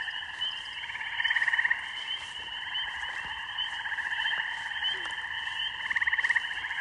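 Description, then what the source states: Spring peeper: steady frog chorus of layered trills and peeps, punctuated by two louder bursts of quick pulsed calls. Mating song of spring peepers with other frogs; rural beaver pond, evening, recorded on an iPhone.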